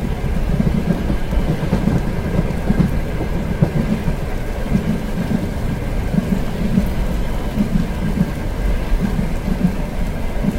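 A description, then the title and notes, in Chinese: Rain falls steadily on a car while someone sits inside, heard as a dense, muffled drumming on the roof. The sound is low and heavy, with a rumbling pulse that swells and eases every second or so. It stays constant, with no distinct events. 雨天 在温暖的车厢里惬意的休息。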